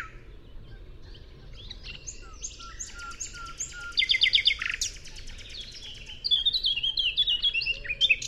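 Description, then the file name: Common nightingale song: soft varied whistles building into a fast rattling trill, then further chattering phrases. "Luscinia megarhynchos"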